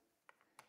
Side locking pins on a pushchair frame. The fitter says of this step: just sitting either side and just give them a tug and you'll hear them lock into place once